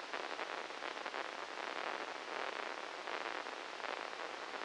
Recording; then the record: brain microelectrode recording played as sound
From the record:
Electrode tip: inside the subthalamic nucleus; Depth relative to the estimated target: -1 mm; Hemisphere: left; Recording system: NeuroSet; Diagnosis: Parkinson's disease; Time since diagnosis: 13 years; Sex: male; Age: 63 years